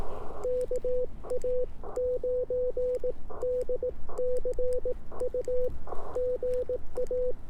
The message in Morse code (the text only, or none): KA9DCU GA